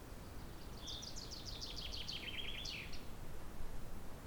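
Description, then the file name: Common chaffinch song: a bright, descending run of rapid trilled notes that ends in a short flourish, over a low background rumble. "Fringilla coelebs"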